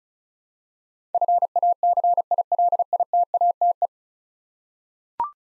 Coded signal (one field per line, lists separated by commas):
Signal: Morse code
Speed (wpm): 36 wpm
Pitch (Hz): 700 Hz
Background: none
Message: FACILITATE